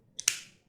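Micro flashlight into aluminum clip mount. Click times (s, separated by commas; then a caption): 0.2 s, 0.3 s. A Wuben E2 micro flashlight is pressed into its aluminum neck mount, which has metal in the center and small grips on the sides. Two sharp snaps are heard at 0.2 s and 0.3 s, the second louder, with a short ring-down. The flashlight locks into the mount.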